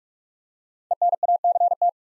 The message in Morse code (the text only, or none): ENACT